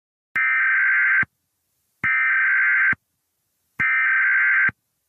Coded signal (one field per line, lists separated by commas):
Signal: Emergency Alert System (SAME) tones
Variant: header bursts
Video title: EAS Scenario #53 Flying Butts Rebirth